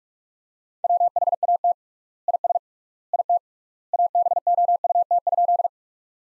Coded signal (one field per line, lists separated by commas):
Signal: Morse code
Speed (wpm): 42 wpm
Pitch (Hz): 700 Hz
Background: none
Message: WHAT IS IT ABOUT?